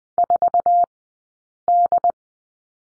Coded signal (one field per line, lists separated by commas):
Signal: Morse code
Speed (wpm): 19 wpm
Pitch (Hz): 700 Hz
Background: none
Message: 4 D